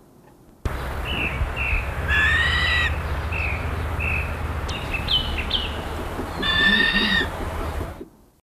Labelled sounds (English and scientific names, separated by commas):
Brown Fish Owl (Ketupa zeylonensis) call